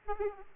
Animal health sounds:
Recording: mosquito wingbeat signal from an infrared sensor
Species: Aedes aegypti

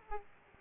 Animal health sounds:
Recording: mosquito wingbeat signal from an infrared sensor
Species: Aedes aegypti

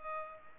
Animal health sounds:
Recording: mosquito wingbeat signal from an infrared sensor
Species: Culex pipiens

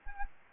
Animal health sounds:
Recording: mosquito wingbeat signal from an infrared sensor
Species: Anopheles gambiae

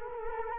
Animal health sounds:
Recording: mosquito wingbeat signal from an infrared sensor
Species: Culex quinquefasciatus

